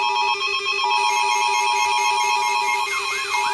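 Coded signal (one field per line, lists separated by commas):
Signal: Emergency Alert System (SAME) tones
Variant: 853 and 960 Hz attention tone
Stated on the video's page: Fictional EAS scenario.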